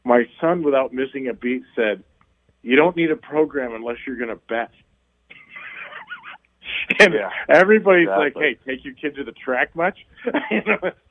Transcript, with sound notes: My son, without missing a beat said, "You don't need a program unless you're going to bet." (laughs)
Yeah, exactly.
And everybody is like, "Hey, take your kid to the track much?"